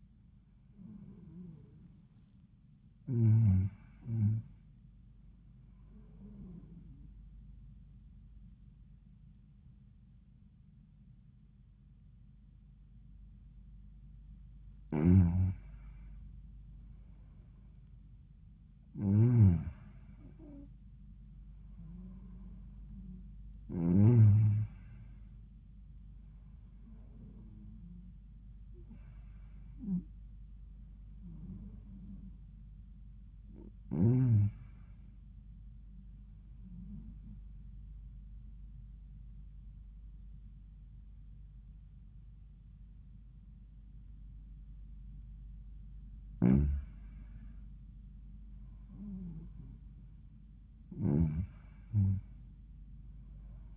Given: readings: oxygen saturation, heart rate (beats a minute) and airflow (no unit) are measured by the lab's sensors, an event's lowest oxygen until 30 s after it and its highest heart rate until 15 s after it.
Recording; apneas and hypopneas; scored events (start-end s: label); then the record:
breathing in sleep by a smartphone at the bedside; 1
36.00-48.10 s: hypopnea (N1, oxygen 96% highest, then 91% lowest, heart rate 85 at the start, 89 highest)
From the record:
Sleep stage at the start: N1 (lightest sleep); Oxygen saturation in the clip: 92 to 96%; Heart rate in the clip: 83 to 89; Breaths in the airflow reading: 8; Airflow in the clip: -13.1 to 17.3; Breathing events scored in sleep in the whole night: 400 in 8.7 hours asleep